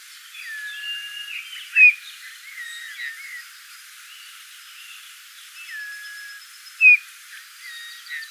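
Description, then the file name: Eurasian bullfinch giving soft, low piped whistles, with two sharp, louder notes among them. "Pyrrhula pyrrhula"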